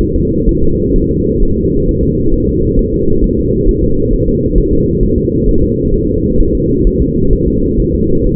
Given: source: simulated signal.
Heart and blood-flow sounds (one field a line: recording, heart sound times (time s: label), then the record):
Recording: fetal heart sounds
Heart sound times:
0.01 s: S1
0.16 s: S2
0.49 s: S1
0.64 s: S2
0.96 s: S1
1.11 s: S2
1.43 s: S1
1.57 s: S2
1.89 s: S1
2.03 s: S2
2.34 s: S1
2.49 s: S2
2.79 s: S1
2.94 s: S2
3.24 s: S1
3.39 s: S2
3.69 s: S1
3.84 s: S2
4.13 s: S1
4.28 s: S2
4.58 s: S1
4.73 s: S2
5.03 s: S1
5.18 s: S2
5.49 s: S1
5.63 s: S2
5.94 s: S1
6.09 s: S2
6.41 s: S1
6.55 s: S2
6.87 s: S1
7.02 s: S2
7.33 s: S1
7.48 s: S2
7.80 s: S1
7.95 s: S2
8.27 s: S1
From the record:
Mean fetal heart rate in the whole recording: 130 bpm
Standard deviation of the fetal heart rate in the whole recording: 4 bpm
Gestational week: 38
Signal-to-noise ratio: -16.4 dB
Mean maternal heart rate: 72 bpm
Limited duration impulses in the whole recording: present